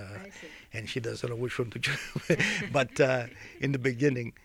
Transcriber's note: they laugh